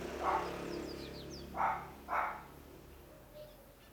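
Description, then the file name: Dog giving three barks, one then a quick pair, as small birds chirp and a low hum carries through the background. Small dog barking near a corridor. "Cachorro de pequeno porte latindo perto de corredor"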